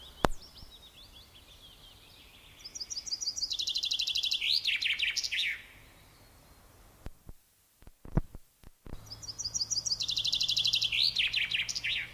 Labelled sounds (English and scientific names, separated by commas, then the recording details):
Common Chaffinch (Fringilla coelebs) song
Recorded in the wild
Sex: male
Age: adult
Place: Erlangen, Bayern, DE
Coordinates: 49.6086, 10.9697
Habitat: forest
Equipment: Stellavox SM 5, Original, Vollspur
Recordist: Tretzel, Erwin